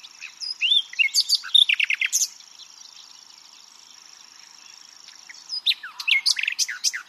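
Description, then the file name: Common nightingale song: a busy phrase of varied sharp and slurred notes, a long quiet stretch with a steady high whine, then another lively phrase. "Luscinia megarhynchos"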